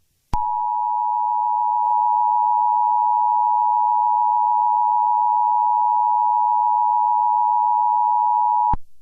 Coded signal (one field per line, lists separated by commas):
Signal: Emergency Alert System (SAME) tones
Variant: 853 and 960 Hz attention tone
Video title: Betelgeuse Remastered - A remastered EAS scenario